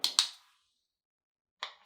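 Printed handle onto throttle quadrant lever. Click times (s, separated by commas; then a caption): 0.0 s, 0.2 s. A 3D-printed plastic handle is pushed onto a throttle lever of a Saitek flight-sim throttle quadrant being built into a 737 throttle quadrant. Two sharp, bright clicks at 0.0 s and 0.2 s mark the handle snapping home and seating firmly. After a silence, a softer, quieter knock follows at about 1.6 s.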